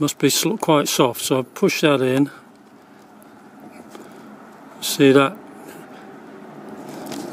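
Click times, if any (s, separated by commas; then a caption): none. Someone talks while pushing a spring-loaded part from a repair kit into a Girling brake master cylinder, with faint handling noises in the quieter stretches between speech. The part has not clicked or seated yet and needs to be pushed in again.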